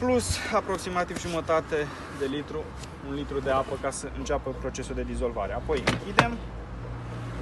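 A plastic closure cap on a toilet waste cassette is handled after a chemical tablet and about half a litre to one litre of water have been added, while someone talks. Brief knocks and handling noises are heard, but the cap has not clicked shut or seated yet.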